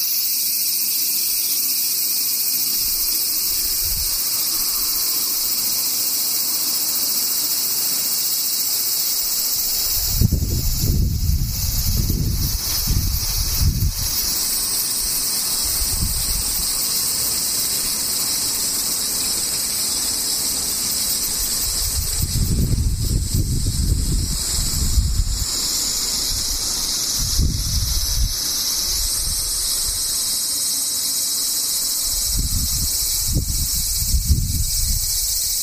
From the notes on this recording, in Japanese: セミ